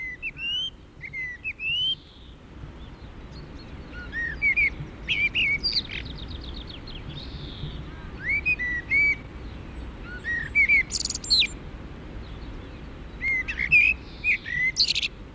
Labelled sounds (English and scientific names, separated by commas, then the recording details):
Common Blackbird (Turdus merula) song
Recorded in the wild
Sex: male
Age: adult
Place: Garmisch-Partenkirchen, Bayern, DE
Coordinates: 47.4939, 11.0658
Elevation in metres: 789
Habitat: mountains
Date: 1969-04-13
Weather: Schneefall
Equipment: Uher 4000 Report
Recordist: Tretzel, Erwin